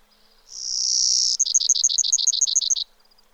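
Brewer's sparrow song: a long, high, buzzy note, then a rapid trill of about ten sharp, evenly spaced notes, all very high-pitched and insect-like.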